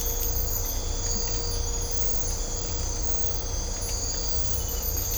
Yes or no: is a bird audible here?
no